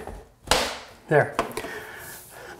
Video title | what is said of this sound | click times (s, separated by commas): How to Install Vinyl Flooring , Laminate Flooring and Hardwood | hear that noise you know your goodness gold | 0.5 s